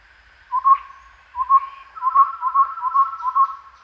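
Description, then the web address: Chestnut-rumped babbler song: low hollow whistles, first spaced apart, then running into a steady rapid string of even notes. Recorded at Danum on 1 April 2006. "DANUM 20060401. chestnut-rumped babbler"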